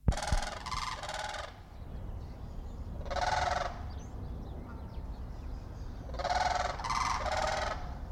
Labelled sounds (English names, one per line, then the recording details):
Blue Crane
Pied Avocet
Black-winged Stilt
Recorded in captivity
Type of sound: call, call sequence, rattle call
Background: Recurvirostra avosetta, Himantopus himantopus
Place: Zoo Berlin, Berlin, DE
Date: 1995-02-04 12:10
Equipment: Marantz CP 130, Sennheiser ME 80, Kopie Uher Variocord 263
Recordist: Tembrock, Günter
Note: Paar